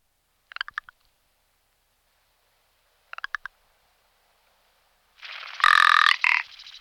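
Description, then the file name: Rock ptarmigan call: two short bursts of dry clicks about two and a half seconds apart, then a loud harsh croaking rattle in two parts at the end. "Belokur horsky Lagopus mutus"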